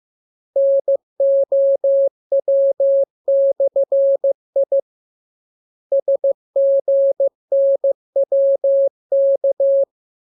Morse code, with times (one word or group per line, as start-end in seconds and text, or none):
0.6-4.8 NOW/I
5.9-9.8 SGNWK